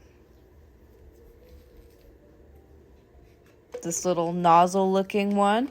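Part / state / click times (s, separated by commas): plastic foam nozzle cap onto hair dye bottle / not seated / none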